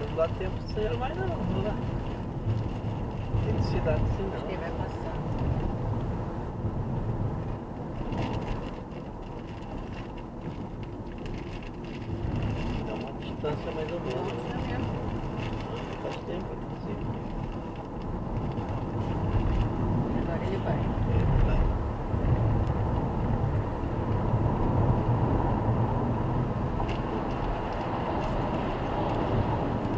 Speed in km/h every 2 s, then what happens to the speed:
68, 68, 68, 71, 71, 69, 68, 70, 71, 71, 76, 83, 93, 99, 100.
0-19 steady at about 69. 19-25 speeds up to 99.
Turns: none.